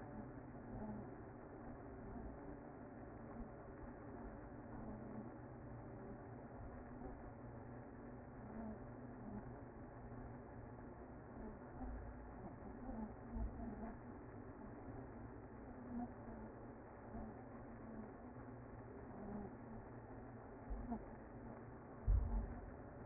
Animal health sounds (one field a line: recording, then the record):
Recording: honeybee colony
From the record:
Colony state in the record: active